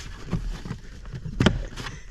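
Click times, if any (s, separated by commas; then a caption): 1.4 s, 1.5 s. A plastic interior trim panel near the fuse box of a 2023 Mini Cooper S JCW is pulled down to release its retaining clip. Faint rustling and handling noise leads into sharp clicks at 1.4 and 1.5 seconds as the clip pops off and lets go.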